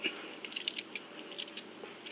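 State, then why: Not seated. Someone repeatedly presses the plastic chest piece of a Transformers Prime Robots in Disguise Revealers Wheeljack transforming robot toy against its shoulder tabs, making a quick series of light plastic taps and rattles between about 0.5 and 1.4 seconds. The chest piece has not snapped or seated into place.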